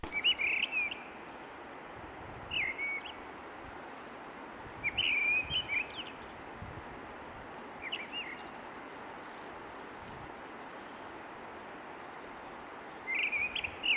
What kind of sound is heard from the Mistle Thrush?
song